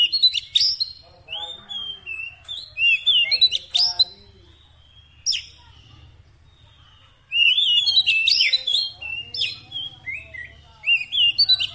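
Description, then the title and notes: Oriental magpie-robin singing loud whistled and chattering bursts, a long quieter pause mid-way, then a dense energetic burst, with a low background hum. Fill-in (isian) song of a kacer, used to make the bird sing persistently day and night. "Kacer Jadi Gacor Siang Malam. Isian Kacer Durasi Panjang"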